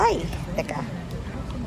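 Someone handles the metal hold-open latch on the trigger of a fuel nozzle at the pump handle while someone talks over a low background hum. Nothing has caught or clicked yet; the latch has not engaged by the end of the clip.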